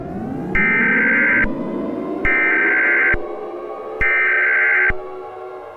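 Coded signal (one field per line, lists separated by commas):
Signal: Emergency Alert System (SAME) tones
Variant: header bursts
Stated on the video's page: A fictional EAS scenario, not a real alert.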